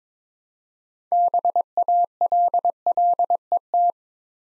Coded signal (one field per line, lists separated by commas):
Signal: Morse code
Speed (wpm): 22 wpm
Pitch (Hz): 700 Hz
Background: none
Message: BALLET